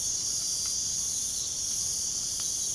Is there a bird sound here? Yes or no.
no